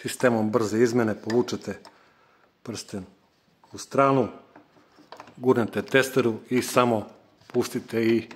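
A saw blade is being fitted into the quick-change tool holder of a Parkside Performance PPFS 1250 A1 230 V reciprocating saw: the metal ring is turned to the right with one finger and the blade is slid into the holder. Someone talks throughout, with a few faint short handling sounds around 4.6 s and 5.1–5.2 s. The clip ends before the blade is released, so nothing has seated or clicked yet.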